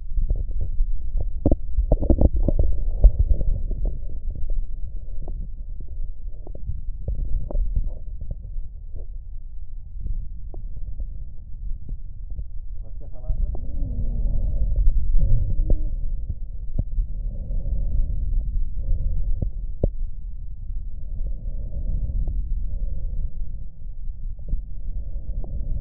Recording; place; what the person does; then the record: lung sounds by stethoscope; right posterior apical chest; quiet breathing, then deep breathing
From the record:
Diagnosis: pulmonary infection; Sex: male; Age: 74 years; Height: 171 cm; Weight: 80 kg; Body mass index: 27.4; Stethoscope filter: extended mode